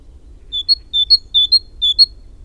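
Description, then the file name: Great tit repeating a bright two-note motif four times, low then high, at an even tempo over soft low-frequency noise. "Parus major"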